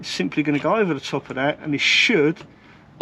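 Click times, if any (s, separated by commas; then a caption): none. A plastic cap is being lowered over the fuel pickup pipe and its orange rubber seal on a van's fuel tank sender unit while someone talks. A brief sharp sound comes right at the end, at 3.0 s, but nothing has seated or clicked yet; the cap is still being handled and is not yet home.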